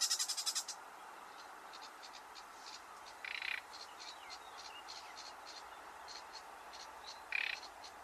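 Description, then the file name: Common nightingale making brief grating rasps, one midway and one near the end, after an opening burst of quick high ticking notes; constant hiss underneath. "Luscinia megarhynchos"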